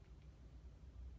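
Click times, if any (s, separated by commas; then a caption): none. A Glock 19 striker-fired pistol is being reassembled: the slide is being worked onto the frame and pulled back toward its click, with only a low, steady rumble and faint handling noise heard. No click occurs in this clip, and the slide has not yet seated.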